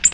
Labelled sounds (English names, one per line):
Ovenbird flight call